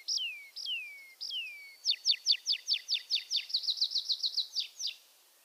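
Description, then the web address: Tree pipit song opening with three long drawn-down notes, then a fast rattling series of falling notes that quickens before ending. "mini musorok bioakusztika erdeipityer"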